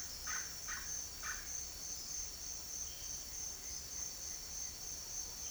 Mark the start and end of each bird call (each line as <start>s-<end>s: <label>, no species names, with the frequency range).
0.00s-1.43s: bird call (0.5-2.4 kHz)